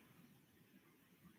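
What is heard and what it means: A magnetic flyer head for a Kromski Sonata spinning wheel is handled and lined up by its notch with the metal flyer rod, to be pushed on until the magnet grabs it. Only a quiet, steady low rumble and faint background noise are heard, with no distinct impacts. The head has not seated or clicked onto the rod yet.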